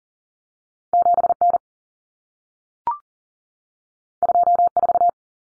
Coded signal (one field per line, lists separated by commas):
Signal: Morse code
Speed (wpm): 40 wpm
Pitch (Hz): 700 Hz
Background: none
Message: 7N 24